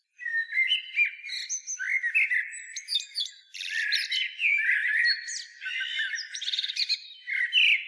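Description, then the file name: Common blackbird delivering busy twittering song with warbled notes, sharp squeaks and quick rattling trills, almost without pause throughout. "Turdus merula"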